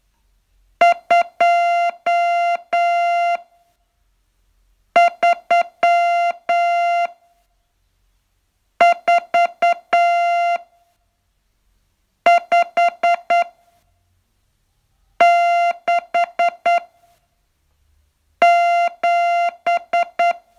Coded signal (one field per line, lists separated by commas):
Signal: Morse code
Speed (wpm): 9 wpm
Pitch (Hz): 690 Hz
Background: music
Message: 2 3 4 5 6 7